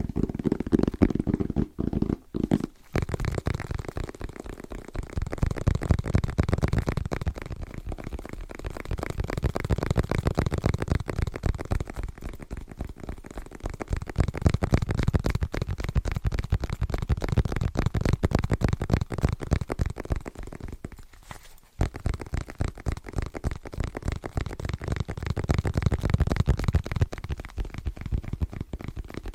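Fast, rhythmic tapping on assorted objects fills the clip as dense, evenly spaced clicks that run almost without pause. Low thumping swells rise and fall every few seconds beneath the taps. Brief gaps near 2 and 21 seconds interrupt the steady pattern.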